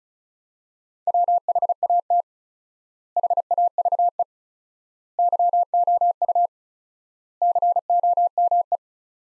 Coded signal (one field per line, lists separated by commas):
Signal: Morse code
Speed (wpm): 36 wpm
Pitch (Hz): 700 Hz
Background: none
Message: WHAT HAVE YOU COME